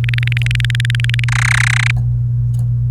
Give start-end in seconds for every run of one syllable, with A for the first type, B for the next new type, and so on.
0.04-1.24 A, 1.28-1.91 B